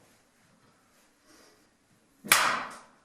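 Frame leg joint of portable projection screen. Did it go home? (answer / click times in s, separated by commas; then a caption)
yes / 2.3 s. A leg or brace on a portable projection screen frame is extended and pushed until it locks, with only faint handling rustle before a sharp, bright snap at 2.3 seconds that rings out and fades over the next half second. The frame leg joint is confirmed locked in place.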